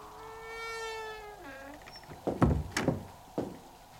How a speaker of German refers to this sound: Die Tür geht auf.